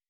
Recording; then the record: hydrophone in a shrimp aquaculture tank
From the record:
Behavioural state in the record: weakened